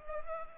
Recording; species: mosquito wingbeat signal from an infrared sensor; Culex pipiens